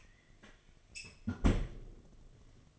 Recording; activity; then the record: daily activity, microphone in the room; close fridge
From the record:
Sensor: 4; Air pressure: 1005.3 hPa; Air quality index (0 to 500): 178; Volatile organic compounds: 5 ppm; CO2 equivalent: 1747 ppm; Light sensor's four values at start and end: 5/10/4/3 and 6/12/4/4